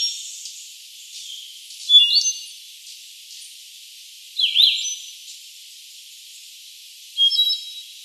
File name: Andean Solitaire Myadestes ralloides